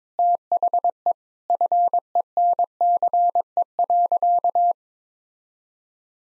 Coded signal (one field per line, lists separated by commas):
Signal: Morse code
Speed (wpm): 22 wpm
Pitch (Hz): 700 Hz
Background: none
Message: THE FENCE.